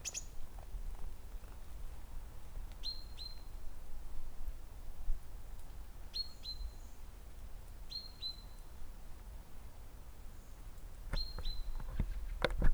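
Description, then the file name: Great tit giving short paired high notes, repeated every few seconds, with occasional clicks and a low rumbling background. "Parus major"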